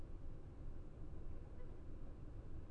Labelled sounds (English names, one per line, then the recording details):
none
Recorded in Germany
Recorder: ecoPi